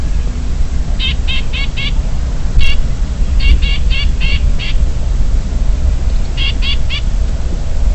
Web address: Chinese Grassbird Alarm Call China Guangxi Shanli 120205. graminicole de chine graminicola striatus ssp sinicus